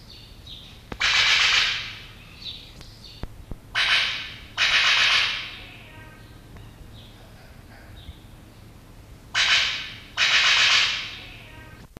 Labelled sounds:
Brown Sicklebill (Epimachus meyeri) call
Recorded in captivity
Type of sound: call
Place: Zoo Rotterdam, Zuid-Holland, NL
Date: 1973-08-31
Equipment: Halbspur, 9,5 cm/s
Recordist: Lütgens, Hans
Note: Rufe

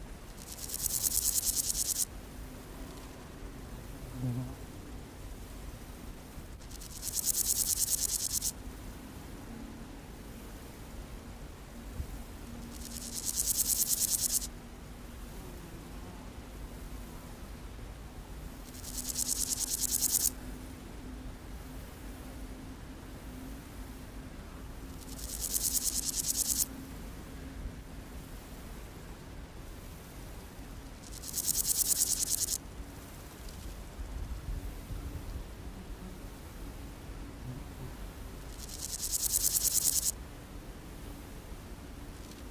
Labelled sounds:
Meadow Grasshopper (Chorthippus parallelus)
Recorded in the wild
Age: imago
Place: Rappelsdorf (b. Schleusingen), Thüringen, DE
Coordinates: 50.5, 10.7167
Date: 1987-08-22 17:27
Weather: sunny, ca. 33,7°C in the sun
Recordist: Tembrock, Günter

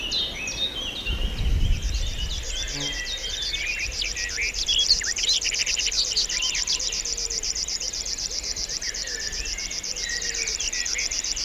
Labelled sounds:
River Warbler (Locustella fluviatilis) song
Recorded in the wild
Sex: male
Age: adult
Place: Schönow, Naturpark Barnim, Brandenburg, DE
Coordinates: 52.6781, 13.5097
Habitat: reed
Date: 2005-06-05
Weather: cloudy, 10°C
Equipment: Marantz PMD 660, Sennheiser MKH 70
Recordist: Frommolt, Karl-Heinz

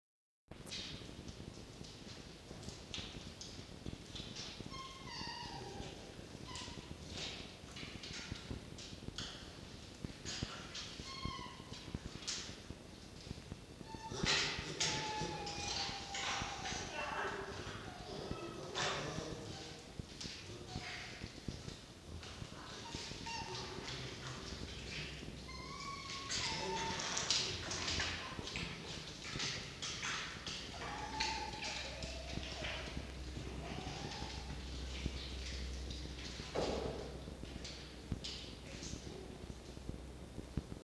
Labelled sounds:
Red Fox (Vulpes vulpes)
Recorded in captivity
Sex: male
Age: adult
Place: Zoologisches Institut der HUB, Berlin, DE
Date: 1952-11-27 19:25
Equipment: Elmetra
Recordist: Tembrock, Günter
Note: Castor (nähert sich Jupp): Angstwinseln; Jupp: geschlossenes und offenes Knurren

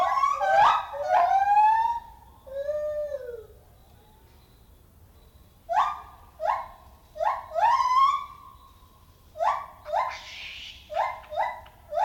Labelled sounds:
Lar Gibbon (Hylobates lar) call
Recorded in captivity
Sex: pair
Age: adult
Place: Tiergarten Nürnberg, Bayern, DE
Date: 1995-09-08
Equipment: Nagra SN, Sennheiser ME 80, Kopie Uher 4000 Report Monitor
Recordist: Tembrock, Günter
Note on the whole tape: Paar: Rufreihen mit Duetten (komplett aufgenommen)

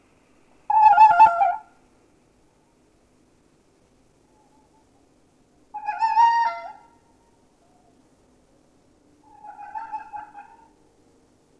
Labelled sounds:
Red Fox (Vulpes vulpes)
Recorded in captivity
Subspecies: fulvus
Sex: female
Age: adult
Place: Zoologisches Institut der HUB, Berlin, DE
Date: 1964-04-15 20:00
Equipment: R 21, Mikrofon DRM 62n
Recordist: Tembrock, Günter

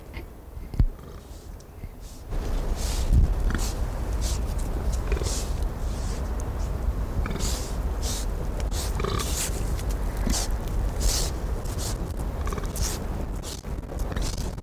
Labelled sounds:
Bearded Pig (Sus barbatus) call
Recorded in captivity
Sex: diverse
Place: Zoo Berlin, Berlin, DE
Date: 1995-09-14 18:43
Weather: leicht bewölkt, 16°C
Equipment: Sony WM-D6C, Sennheiser ME 80, Kopie Uher 4000 Report Monitor
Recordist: Tembrock, Günter

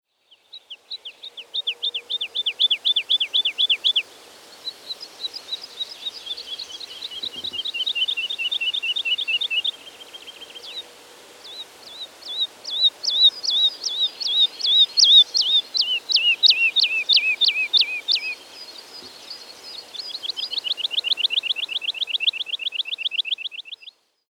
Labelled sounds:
Wood Lark (Lullula arborea)
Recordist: Tembrock, Günter
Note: Gesang

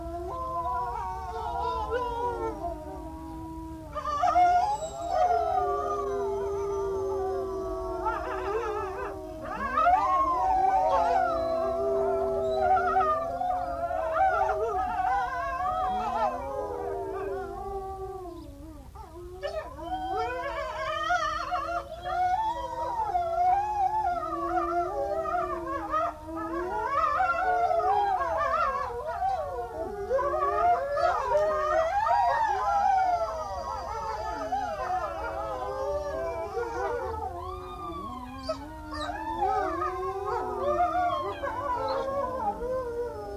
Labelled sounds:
Gray Wolf (Canis lupus) howling
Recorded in captivity
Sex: group
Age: adult
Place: Zoo Kischinjow, MD
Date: 1982-03-10 10:00
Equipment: Sonett, RFT DM 2112, Kopie Tascam 22-2
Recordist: Frommolt, Karl-Heinz

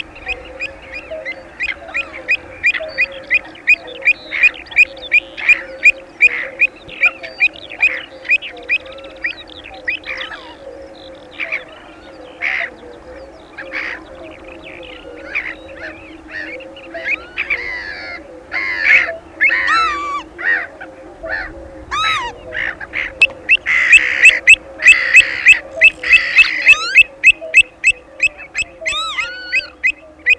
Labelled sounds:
Pied Avocet (Recurvirostra avosetta) call
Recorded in the wild
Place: Holdenlacke, AT
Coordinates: 47.7728, 16.9197
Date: 1972-05-07
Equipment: Uher Report 4200, AKG D190C in Doppel-Parabolreflektor
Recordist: Krey, Winfried

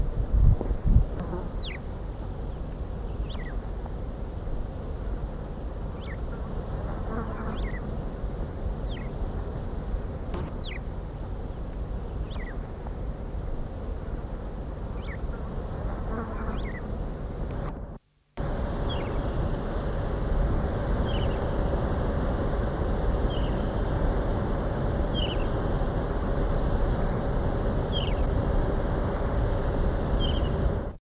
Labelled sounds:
Desert Lark (Ammomanes deserti) call
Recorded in the wild
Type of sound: call
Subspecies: isabellina
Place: IL
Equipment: Halbspur, 9,5 cm/s
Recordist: Lütgens, Hans
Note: Rufe

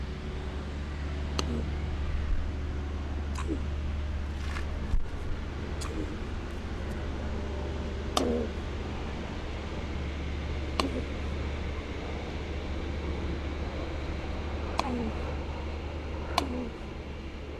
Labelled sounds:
Common Raven (Corvus corax) call
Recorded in captivity
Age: adult
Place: Zoo Berlin, Berlin, DE
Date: 1997-09-16 16:59
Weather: partly sunny, ca. 23°C
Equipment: Sony MD-WM MZ-R3, Sennheiser ME 80, Kopie Uher 4000 Report Monitor
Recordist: Tembrock, Günter

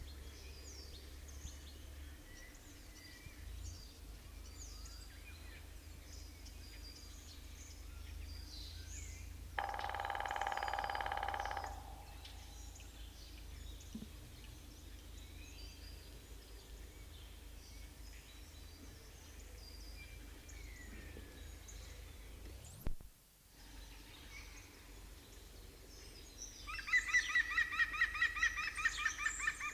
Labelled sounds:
European Green Woodpecker (Picus viridis)
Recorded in the wild
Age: adult
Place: Halle (Westfalen), OT Tatenhausen, Nordrhein-Westfalen, DE
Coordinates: 52.0439, 8.325
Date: 1970-04-12
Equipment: Uher 4000 Report-S, Bändchenmikro Beyer M 260, Parabolspiegel Polyester (470 mm)
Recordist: Conrads, Klaus

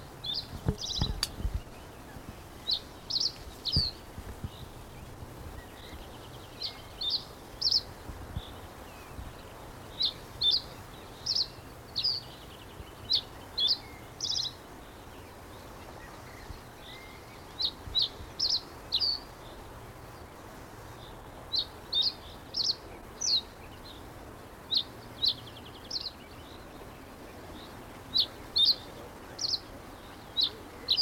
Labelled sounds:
Reed Bunting (Emberiza schoeniclus)
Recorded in the wild
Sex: male
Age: adult
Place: Karower Teiche, Naturpark Barnim, Berlin, DE
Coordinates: 52.623, 13.46
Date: 1992-06-14
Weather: sonnig (heiter), 19-22°C
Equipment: Nagra SN, Mikrofon AKG CK 8, Kopie Tesla B 116
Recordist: Tembrock, Günter

